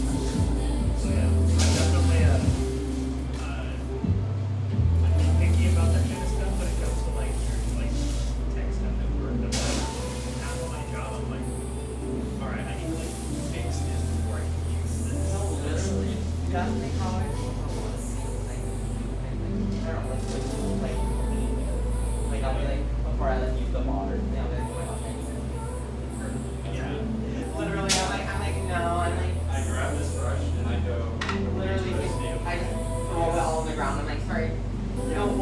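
Café ambience with steady, overlapping conversation throughout and music underneath carrying a deep, sustained bass line. Sharp clinks and clatter of dishes cut through now and then, notably around 2, 5, 10 and 28 seconds, while the overall level stays fairly even.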